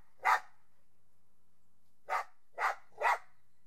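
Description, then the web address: Dog barks once, falls silent for over a second, then gives three quick barks in a row. "The BBC Sound Effects Library - Complete 60 CDs Collection Sound Effects Library-38 (Horses # 2 and Dogs)"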